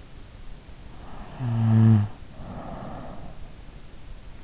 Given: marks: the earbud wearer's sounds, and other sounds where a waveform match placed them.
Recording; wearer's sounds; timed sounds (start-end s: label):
sounds in sleep by an in-ear microphone; snoring breath
0.84-3.74 s: snoring breath